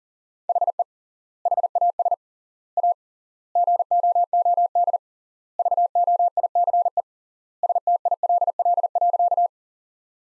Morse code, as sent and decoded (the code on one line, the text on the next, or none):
.... . / .... .- ... / .- / --. --- --- -.. / ...- --- .. -.-. . / ... - .. .-.. .-.. .-.-.-
HE HAS A GOOD VOICE STILL.